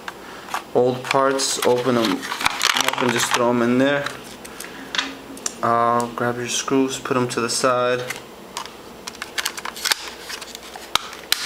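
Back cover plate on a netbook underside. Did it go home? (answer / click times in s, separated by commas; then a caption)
yes / 11.0 s, 11.3 s. Someone talks while handling small parts and screws, with scattered light clicks and taps. Then the plastic back cover plate is pressed back onto the underside of a netbook, with two loud sharp snaps at 11.0 and 11.3 seconds as it seats into place.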